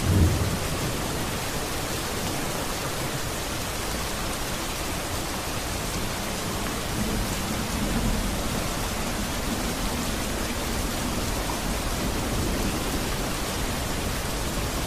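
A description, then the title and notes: Steady downpour in Osaka, Japan, a dense, even hiss of rain that fills the whole range from low to bright and barely changes over the fifteen seconds. A soft low rumble swells briefly near the start and again faintly around the middle. Rain with Gentle Thunder, Downpour - Osaka, Japan.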